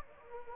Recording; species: mosquito wingbeat signal from an infrared sensor; Anopheles gambiae